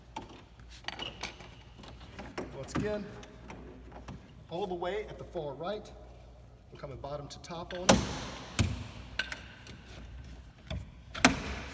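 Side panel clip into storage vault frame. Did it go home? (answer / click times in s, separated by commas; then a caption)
yes / 11.2 s. Someone talks while a side panel clip on a portable storage vault is worked in from the bottom to the top at the far right, with scattered sharp knocks and taps throughout. The clip snaps into its slot with the loudest sharp hit at 11.3 s and is seated, which matters because a clip not pushed all the way in can let the vault side come off and injure someone.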